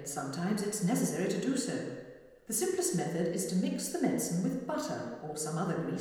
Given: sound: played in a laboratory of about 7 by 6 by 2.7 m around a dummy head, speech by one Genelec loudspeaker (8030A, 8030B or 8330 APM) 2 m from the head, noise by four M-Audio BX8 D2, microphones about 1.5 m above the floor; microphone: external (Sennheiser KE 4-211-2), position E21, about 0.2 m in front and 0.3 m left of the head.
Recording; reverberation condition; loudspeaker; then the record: female speech in English; high; 30 degrees to the left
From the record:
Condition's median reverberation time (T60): about 1300 ms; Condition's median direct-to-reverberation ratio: about -4.0 dB